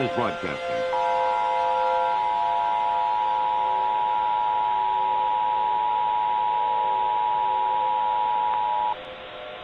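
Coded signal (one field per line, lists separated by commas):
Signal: Emergency Alert System (SAME) tones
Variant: 853 and 960 Hz attention tone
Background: speech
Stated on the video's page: Fictional EAS scenario, not a real alert.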